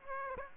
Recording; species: mosquito wingbeat signal from an infrared sensor; Aedes aegypti